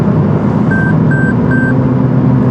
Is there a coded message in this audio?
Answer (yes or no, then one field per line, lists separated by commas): no